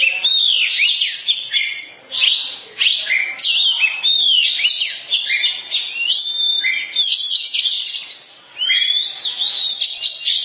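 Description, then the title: Oriental magpie-robin in full song, rapid varied whistles and downslurred notes pouring out almost nonstop, with a few brief pauses. Long-duration song. "Kacer"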